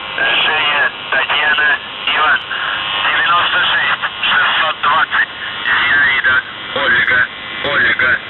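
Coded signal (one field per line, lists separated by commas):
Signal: numbers station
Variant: UVB-76 voice message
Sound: a male voice reads words through heavy shortwave noise; no buzzer tones are heard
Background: radio static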